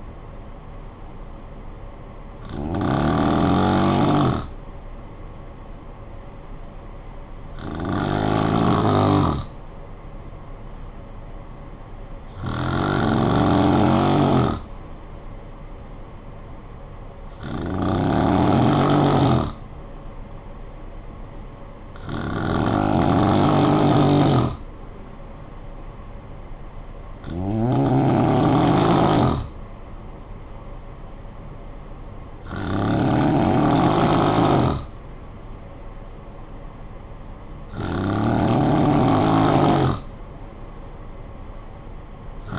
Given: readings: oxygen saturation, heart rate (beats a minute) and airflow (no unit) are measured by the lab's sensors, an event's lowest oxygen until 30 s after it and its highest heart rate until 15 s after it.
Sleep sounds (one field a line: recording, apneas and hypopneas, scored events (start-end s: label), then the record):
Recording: breathing in sleep by a smartphone at the bedside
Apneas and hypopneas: none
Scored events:
none scored
From the record:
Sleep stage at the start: N2 (light sleep)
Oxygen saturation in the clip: 89 to 93%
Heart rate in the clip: 53 to 64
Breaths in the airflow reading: 8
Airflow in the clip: -7.4 to 4.1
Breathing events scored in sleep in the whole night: 445 in 7.6 hours asleep